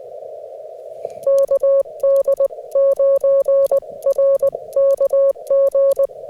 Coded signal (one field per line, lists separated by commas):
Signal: Morse code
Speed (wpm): 20 wpm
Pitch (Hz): 550 Hz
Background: none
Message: KD9RKG